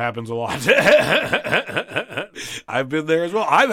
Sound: laughter

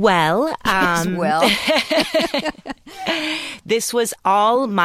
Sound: laughter

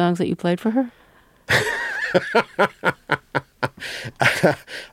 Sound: laughter

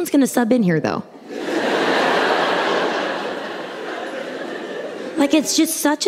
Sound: laughter

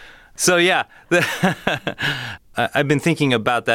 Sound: laughter

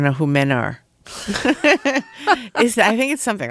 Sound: laughter

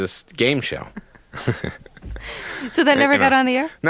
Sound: laughter

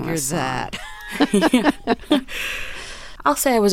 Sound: laughter

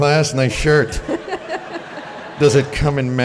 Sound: soundbite of laughter

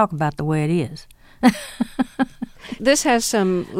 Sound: laughter

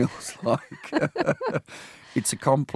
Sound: soundbite of laughter

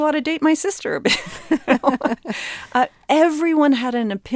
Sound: laughter

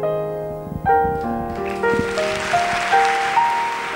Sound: applause

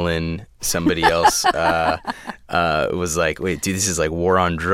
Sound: laughter

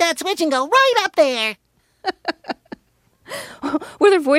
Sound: laughter

